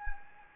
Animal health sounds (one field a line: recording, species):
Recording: mosquito wingbeat signal from an infrared sensor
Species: Anopheles gambiae